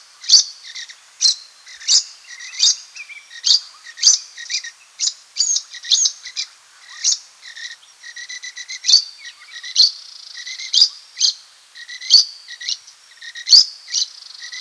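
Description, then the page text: Rufous babbler calls: steady chatter of piercing high notes mixed with softer whistled phrases, continuing throughout. "Rufous Babbler Calls. Quick Sounds"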